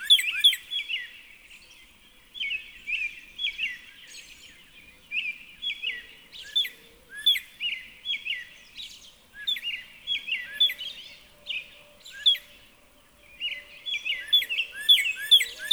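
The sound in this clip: Northern cardinal song in several short phrases of rapidly repeated down-slurred whistled notes, separated by brief pauses, with sharp high chips and other birdsong behind.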